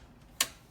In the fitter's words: You know it's locked when it clicks into place.